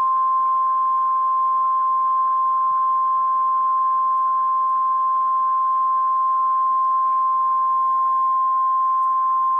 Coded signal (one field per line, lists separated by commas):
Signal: Emergency Alert System (SAME) tones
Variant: 1050 Hz attention tone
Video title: REAL EAS 508-Tornado warning